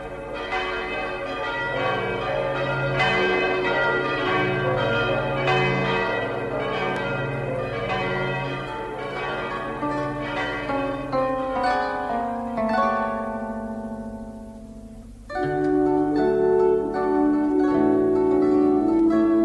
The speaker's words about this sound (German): Und als die neuen Glocken zum ersten Mal läuteten, da läuteten sie nicht nur um ihrer selbst willen, sondern auch für ein Dutzend Hochzeiten.